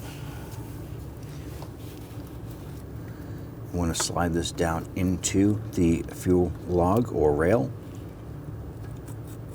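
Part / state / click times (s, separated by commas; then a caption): fuel pressure regulator into fuel rail / not seated / none. A fuel pressure regulator fitted with a new O-ring is lined up over its bore in the fuel rail of a 2000-2006 Toyota Tundra 4.7L V8, ready to be slid down and pressed in. A steady low hum runs throughout, and someone talks from about 3.8 to 7.6 seconds. The regulator has not yet seated or clicked into place.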